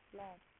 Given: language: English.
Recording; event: throat vibration sensor signal played as sound; speech